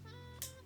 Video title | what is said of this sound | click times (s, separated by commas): The Keys to Happiness, Karma is a B. | there we go we heard the click that time I don't think I snapped it | 0.4 s